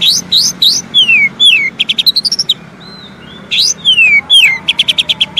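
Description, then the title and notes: Oriental magpie-robin song with bright rising whistles, downslurred notes and rapid chip series, separated by a short quiet gap midway. Long-duration song for training kept birds to sing, day and night. "Kacer Jadi Gacor Siang Malam. Isian Kacer Durasi Panjang"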